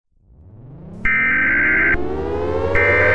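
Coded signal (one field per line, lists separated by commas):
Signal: Emergency Alert System (SAME) tones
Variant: header bursts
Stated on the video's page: Fictional emergency alert scenario that may or may not contain valid EAS tones.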